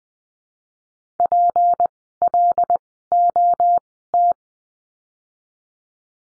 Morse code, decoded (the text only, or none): PLOT